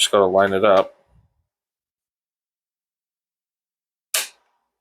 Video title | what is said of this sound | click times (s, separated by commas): How to Deep Clean a Dyson V8 After 5 Years – Full Maintenance Tutorial Part 4 | It snaps back into place when you push it up. | 4.2 s